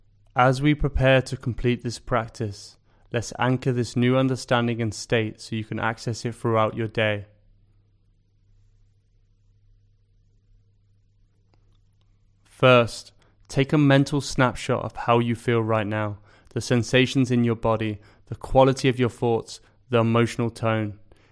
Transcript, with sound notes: As we prepare to complete this practice, let's anchor this new understanding and state so you can access it throughout your day. [Pause 5 seconds] First, take a mental snapshot of how you feel right now – the sensations in your body, the quality of your thoughts, the emotional tone.